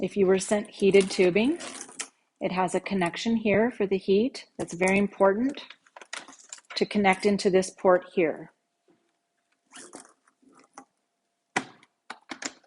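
Someone talks while a heated CPAP air tubing connector is handled and pushed toward the air outlet port on an AirSense 10 CPAP machine. Light plastic taps and scrapes follow after the speech, with the sharpest hits near 11.6 s and 12.1 s. The connector has not seated or locked yet.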